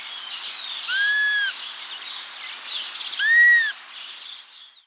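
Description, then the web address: Dusky-capped flycatcher giving two plaintive, arched whistles about two seconds apart, over other birds calling. Subspecies atriceps; Andes, South America. "S America Andean Birds. Dusky-Capped Flycatcher (Myiarchus Tuberculifer Atriceps)"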